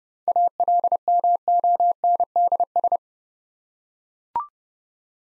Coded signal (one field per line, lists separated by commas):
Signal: Morse code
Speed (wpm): 30 wpm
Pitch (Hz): 700 Hz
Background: none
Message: ALMONDS